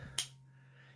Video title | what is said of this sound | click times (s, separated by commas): WestWard SAE/Metric Socket Extender/Booster Set Review | works you can hear it snap in there it works pretty well in the 12 point socket | 0.2 s